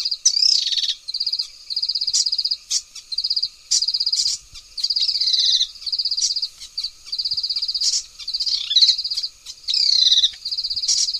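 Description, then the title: Hill prinia song: rapid, buzzy high trills repeated in short bursts, mixed with sharp chirps and quick down-slurred whistled notes. The background is otherwise quiet. "prenjk gnung. uara burung prenjak gunung"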